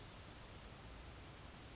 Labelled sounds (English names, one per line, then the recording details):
Grasshopper Sparrow
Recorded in Sonoma County, California